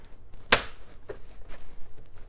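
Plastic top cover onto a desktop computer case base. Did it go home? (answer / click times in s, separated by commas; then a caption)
yes / 0.5 s. The plastic top cover of a Macintosh LC desktop computer case is hooked on at the front, then pushed down at the back onto the case base. A loud, sharp click rings out at 0.5 s as the cover clicks into place, followed by a few much fainter ticks. The cover is seated.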